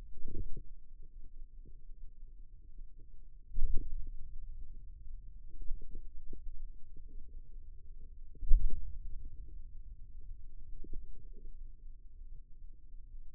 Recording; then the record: forearm muscle sounds (acoustic myography)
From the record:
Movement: hand opening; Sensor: system 2, bracelet of six BSWA MPA416 microphones around the upper forearm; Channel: 2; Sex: male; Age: 22 years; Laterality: right